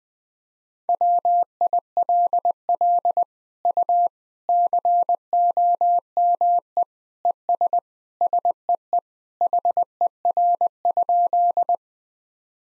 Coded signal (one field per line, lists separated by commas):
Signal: Morse code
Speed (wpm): 20 wpm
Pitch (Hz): 700 Hz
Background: none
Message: WILL U COME ES SEE HER?